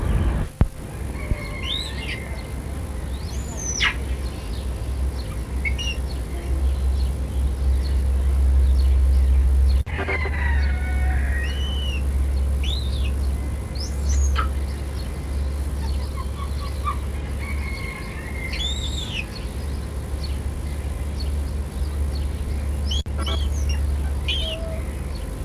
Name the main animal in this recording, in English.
Stump-tailed Macaque